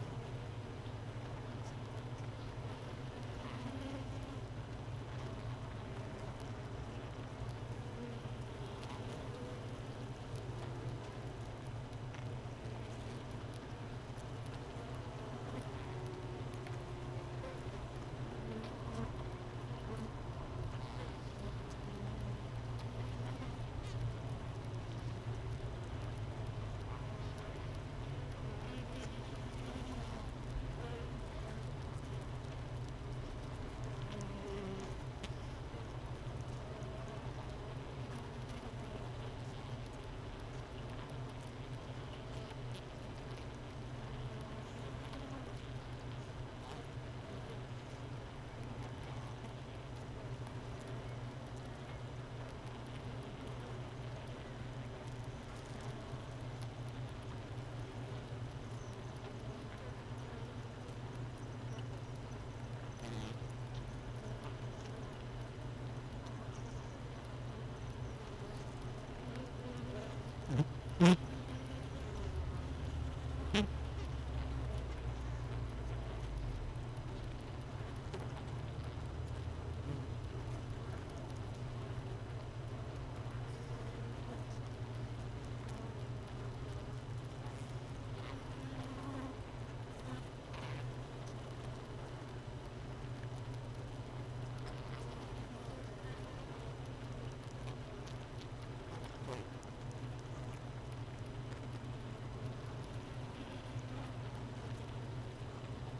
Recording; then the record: honeybee colony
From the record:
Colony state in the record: missing queen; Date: 31 May 2018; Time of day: 13:36